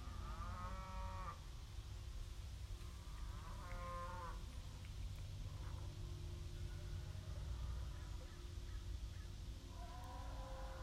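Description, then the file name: Cows mooing: three drawn-out calls spaced several seconds apart, the last cut off at the end, over a steady low rumble. Cows heard at a distance, 3 January 2019. "Cows in a distance 03012019"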